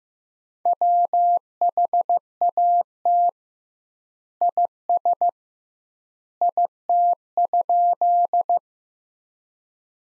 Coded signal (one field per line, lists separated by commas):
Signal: Morse code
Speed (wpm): 15 wpm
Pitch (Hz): 700 Hz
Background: none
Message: WHAT IS IT?